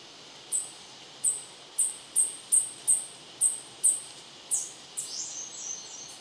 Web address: Natures Songs S America Birds of Ecuador Choco Warbler